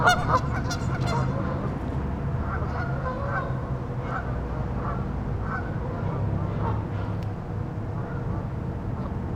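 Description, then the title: Goose: geese honking, a loud cluster at the start then scattered nasal honks over low rumbling background noise. "neoscenes: geese"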